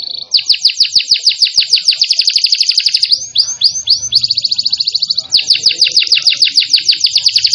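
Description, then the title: Canary song: fast trilled rolls of bright, high notes, with a few slurred sweeps midway, delivered continuously. Described as 'gacor', singing vigorously. "Kenari Gacor"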